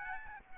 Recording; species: mosquito wingbeat signal from an infrared sensor; Aedes albopictus